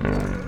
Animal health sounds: contact call of a hoofed animal; wild boar; grunt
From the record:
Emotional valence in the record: positive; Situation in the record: naturally occurring affiliative interactions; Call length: 0.48 s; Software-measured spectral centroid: 1490 Hz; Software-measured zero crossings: 990 a second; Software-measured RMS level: -24 dBFS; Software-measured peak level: -9 dBFS

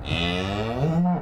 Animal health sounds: contact call of a hoofed animal; cattle; low-frequency (closed-mouth) or high-frequency (open-mouth) call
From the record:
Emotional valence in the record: negative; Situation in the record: full separation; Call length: 1.22 s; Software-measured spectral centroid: 1780 Hz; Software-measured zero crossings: 1540 a second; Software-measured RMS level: -24 dBFS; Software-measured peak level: -11 dBFS

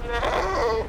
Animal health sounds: contact call of a hoofed animal; goat; low-frequency (closed-mouth) or high-frequency (open-mouth) call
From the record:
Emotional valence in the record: negative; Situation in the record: short social isolation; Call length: 0.89 s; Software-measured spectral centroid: 1850 Hz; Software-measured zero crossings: 1570 a second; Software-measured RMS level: -24 dBFS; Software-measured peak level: -15 dBFS

